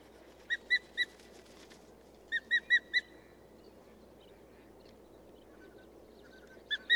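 Bird song in short bursts of three or four ringing notes, separated by long pauses, over steady background noise.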